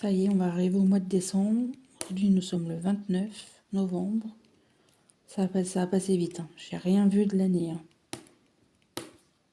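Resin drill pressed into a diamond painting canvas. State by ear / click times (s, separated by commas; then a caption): seated / 8.1 s, 9.0 s. A resin diamond-painting drill is pressed onto a diamond painting canvas so that it clips in against its neighbouring drills. Someone talks for most of the clip, then two sharp clicks are heard at 8.1 and 9.0 seconds as the drill seats into place.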